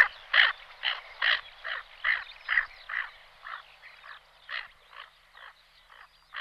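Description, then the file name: Tufted duck giving rasping, harsh notes repeated at a steady pace, about two or three per second, gradually growing softer. "moretta"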